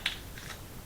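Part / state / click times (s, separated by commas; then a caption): locking tab on ostomy pouch coupling / seated / 0.1 s. A locking tab on an ostomy pouch coupling is closed with one sharp, bright snap at 0.1 s, and the tab seats shut. Softer faint rustling and handling noise follow through the rest of the clip.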